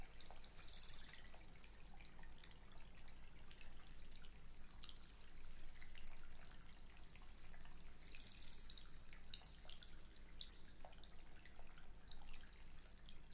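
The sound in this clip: Bird calls: two short, very high, thin chirps about seven seconds apart, with fainter high squeaks in between, over quiet background hiss.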